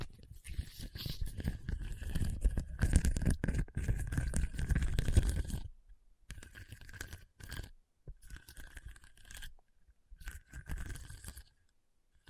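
Scratching on a hard, bumpy surface, dense and rough for the first six seconds, then broken into short bursts separated by silent gaps.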